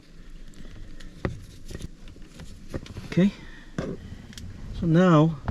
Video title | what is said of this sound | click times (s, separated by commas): TESLA Model 3/Y GAME CHANGER? TLYARD Center Console Controller Review! | all the way in until it clicks | 1.2 s